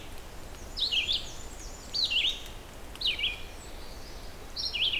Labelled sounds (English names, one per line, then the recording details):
Red-eyed Vireo song
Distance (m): 10 m
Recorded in boreal forest in Alberta, Canada, on 4 June 2016 at 08:48
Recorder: SongMeter 3, array SBT-3-51
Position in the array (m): 29 m, 91 m